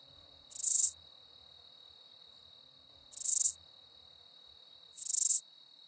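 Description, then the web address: Broad-winged bush katydid song: three brief hissing bursts of rapid pulses, about two seconds apart, over a steady high tone. North America. "Songs of Insects. Broad-winged Bush Katydid"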